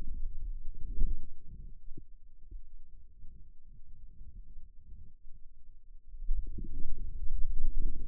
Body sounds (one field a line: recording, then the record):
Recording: forearm muscle sounds (acoustic myography)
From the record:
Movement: wrist flexion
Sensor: system 2, bracelet of six BSWA MPA416 microphones around the upper forearm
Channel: 2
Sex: male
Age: 22 years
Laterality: right